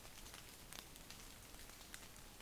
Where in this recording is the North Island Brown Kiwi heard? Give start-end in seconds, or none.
none